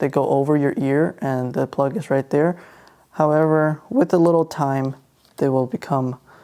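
Someone talks while handling an MMCX cable plug at the earpiece socket of Koss Porta Pro headphones upgraded with detachable cables, whose bent, over-ear cables are meant for in-ear monitors. Only speech is heard, with no sharp sounds, and nothing has seated or clicked yet.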